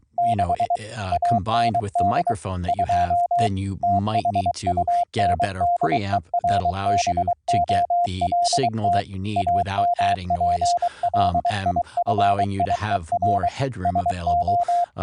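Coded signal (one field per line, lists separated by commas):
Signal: Morse code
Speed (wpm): 23 wpm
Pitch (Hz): 700 Hz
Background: speech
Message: 6 AND 2 THUNDERBOLT AMPLIFIER SO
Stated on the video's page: CW sent over a VLF 12 kHz AM-modulated transmitter and receiver, routed over IP with a modified Python script; live demo.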